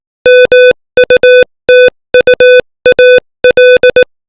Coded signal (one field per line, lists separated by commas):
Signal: Morse code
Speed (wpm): 18 wpm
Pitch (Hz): 500 Hz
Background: none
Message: MUTUAL